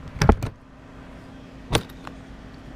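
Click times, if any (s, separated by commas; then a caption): 0.2 s, 1.8 s. A plastic motorcycle top box lid on a Hawk 250 is closed and latches into the box base, locking in place. A sharp latch click lands at 0.2 s with a couple of quick follow-up knocks, then another crisp click at 1.8 s, with a faint tick near 2.1 s over a low steady hum. The lid is latched shut and locked.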